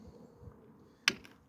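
The ratcheting hold-down hook on a Swagman Chinook hitch-mounted bike rack is pressed down onto the bike wheel. After a quiet, low rumbling stretch, a sharp, bright click rings out at 1.1 s, followed by a fainter tick at 1.3 s. The hook clicks into a ratchet notch and is seated.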